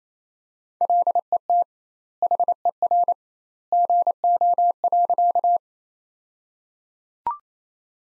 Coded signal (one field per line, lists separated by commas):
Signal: Morse code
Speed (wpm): 28 wpm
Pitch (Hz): 700 Hz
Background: none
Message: LET HER GO.